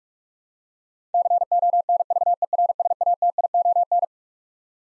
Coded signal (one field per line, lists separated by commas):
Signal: Morse code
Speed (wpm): 41 wpm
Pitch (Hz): 700 Hz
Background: none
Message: CONVERSATION